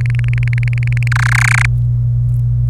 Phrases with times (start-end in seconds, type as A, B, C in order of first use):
0.01-1.08 A, 1.12-1.66 B